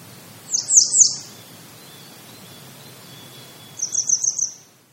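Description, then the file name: Grey wagtail giving high, sharp call notes: a group of three, then a pause of nearly three seconds, then a faster run of four or five. "kisekirei"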